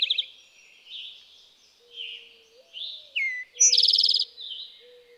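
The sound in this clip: Eastern towhee song: a clear lead-in note dropping in pitch, then a quick metallic trill; other birds sing softly throughout, plus a low whistled tone.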